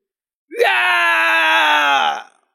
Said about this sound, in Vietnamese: Nó phát ra tiếng gào kinh thiên động địa, tràn đầy sợ hãi cùng không cam lòng